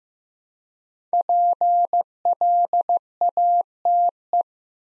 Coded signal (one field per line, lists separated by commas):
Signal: Morse code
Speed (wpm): 15 wpm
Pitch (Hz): 700 Hz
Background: none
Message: PLATE